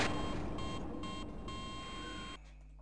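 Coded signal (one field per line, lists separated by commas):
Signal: none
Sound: a video game's beeps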